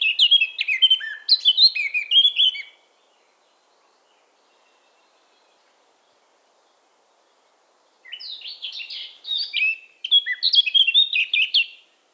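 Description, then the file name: Eurasian blackcap singing two bursts of quick, varied warbling notes, separated by about five seconds of silence. "Sylvia atricapilla"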